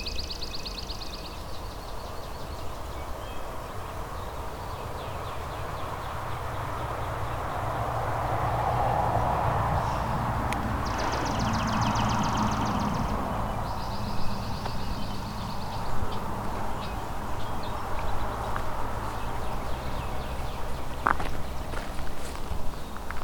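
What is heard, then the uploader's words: Summer outdoors at a nature preserve: a steady, soft wash of sound with a low rumble underneath. High insect buzzes come in short bursts near the start and again around the middle, while faint knocks and footstep-like taps appear toward the end. A summer's day at Fletcher Creek Ecological Preserve in Flamborough, Ontario.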